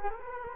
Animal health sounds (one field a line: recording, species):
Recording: mosquito wingbeat signal from an infrared sensor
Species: Culex quinquefasciatus